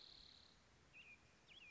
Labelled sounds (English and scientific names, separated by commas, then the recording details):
Spotted Towhee (Pipilo maculatus)
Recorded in Sonoma County, California